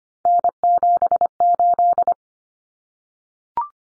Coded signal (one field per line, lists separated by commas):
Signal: Morse code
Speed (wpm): 25 wpm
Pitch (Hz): 700 Hz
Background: none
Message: N78